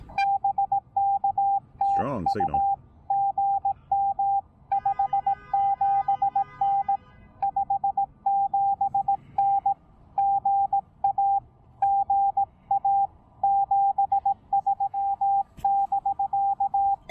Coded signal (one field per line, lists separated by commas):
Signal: Morse code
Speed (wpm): 18 wpm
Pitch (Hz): 790 Hz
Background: radio noise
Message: BK TU GM 57N 57N GA GA 73 <BK>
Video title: Amazing QRP POTA fun with my $120 TEN-TEC R4020!